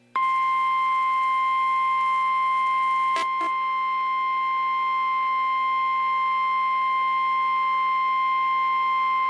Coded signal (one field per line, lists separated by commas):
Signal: Emergency Alert System (SAME) tones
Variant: 1050 Hz attention tone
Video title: Tornado Warnings - EAS #1,282 - 1,312 - 4/9/15